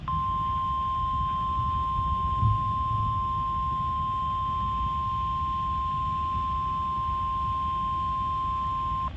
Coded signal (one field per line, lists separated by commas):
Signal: Emergency Alert System (SAME) tones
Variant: 1050 Hz attention tone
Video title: (EAS #332) KMKX’s first RWT for 2023